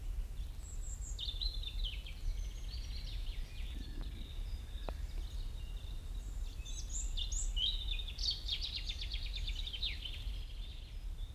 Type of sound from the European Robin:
song